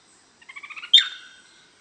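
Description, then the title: Greyish Mourner call: a quick run of several soft stuttered notes leading into one loud, sharp whistled note that falls away, with faint background hiss. Nominate subspecies Rhytipterna simplex simplex. "LuckyPassaro Completos2Sama. Greyish Mourner (Rhytipterna simplex simplex)"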